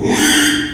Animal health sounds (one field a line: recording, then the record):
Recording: squeal of a Yucatan mini pig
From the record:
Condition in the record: after surgery on the right vocal fold (resection and tissue-engineered implant)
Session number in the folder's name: 3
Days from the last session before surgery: 33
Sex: male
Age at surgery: 12 weeks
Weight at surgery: 13 kg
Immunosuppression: cyclosporine, prednisolone